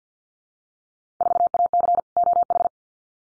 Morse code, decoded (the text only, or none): 4AC OH